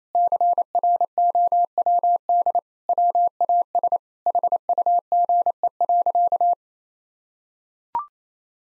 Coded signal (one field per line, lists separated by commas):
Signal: Morse code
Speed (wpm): 28 wpm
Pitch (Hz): 700 Hz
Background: none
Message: CROWD WAS HUGE.